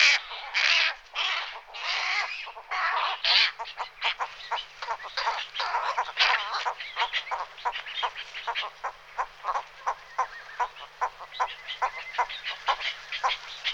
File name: airone guardabuoi